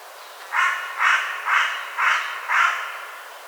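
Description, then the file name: Carrion crow calling a series of five harsh, grating caws, evenly spaced about half a second apart. "Corvus corone"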